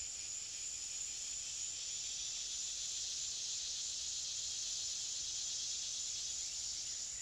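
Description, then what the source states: Cicadas droning, a steady high-pitched, hissing buzz that holds unbroken and level throughout. Tropical forest.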